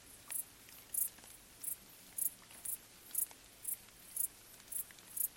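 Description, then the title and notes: Cricket chirping in regular bright pulses about twice a second over soft patter of rain. Crickets stridulating late on a summer night in gentle rain falling on vegetation, along an abandoned railway track in Bad Boll, Baden-Württemberg; village silent nearby. "Crickets in gentle summer rain. crickets stridulating late at night whilst gentle summer rain falls on the surrounding vegetation. along an abandoned railway track in Bad Boll, Baden-Württemberg. Colin Hunter. Music for Sleep"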